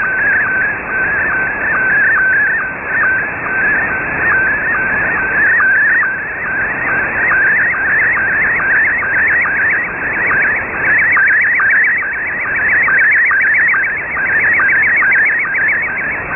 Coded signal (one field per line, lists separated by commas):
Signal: SSTV (slow-scan television)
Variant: Scottie 1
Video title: Wolverine Radio pirate halloween SSTV Pictures sent 6935 Khz USB Shortwave